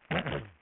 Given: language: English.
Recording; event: throat vibration sensor signal played as sound; throat clearing